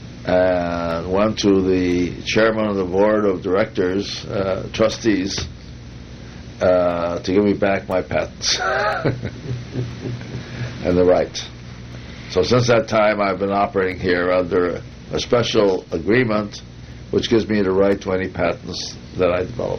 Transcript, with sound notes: and went to the chairman of the Board of Trustees to give me back my patents [laughter] and future rights. So since that time, I've been operating here under a special agreement which gives me the right to any patents that I develop.